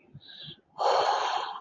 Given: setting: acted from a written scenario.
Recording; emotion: vocal sound without words; awe